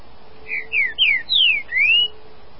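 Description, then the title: Green-winged saltator singing a phrase of clear whistled notes, several sliding down in pitch and the final one rising. "Trinca Ferro"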